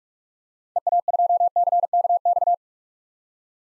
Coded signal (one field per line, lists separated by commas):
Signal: Morse code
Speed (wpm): 42 wpm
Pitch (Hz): 700 Hz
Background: none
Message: EA2CKX